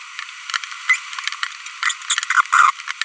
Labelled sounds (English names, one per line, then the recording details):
Green-rumped Parrotlet babbling
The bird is a female
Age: 25 days
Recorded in a nest box in Venezuela
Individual 17B42B1